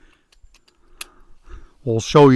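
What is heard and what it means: A folding pruning saw is opened one-handed, its blade swinging out to lock into the handle lock. A few faint ticks lead up to a sharp metallic click at 1.0 s as the blade seats and locks open. Someone then starts to talk.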